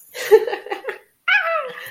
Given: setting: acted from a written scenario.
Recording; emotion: vocal sound without words; triumph